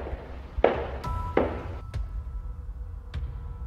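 Footsteps from more than one person: a few heavier thudding steps mixed with sharper, lighter taps at an uneven pace, over a low steady rumble with no voices.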